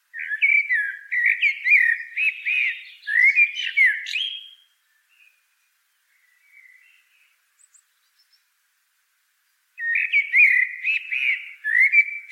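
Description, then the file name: Common blackbird song: a long fluted, warbling phrase with squeaky high accents, a pause of about five seconds, then another mellow warbled phrase. "Turdus merula"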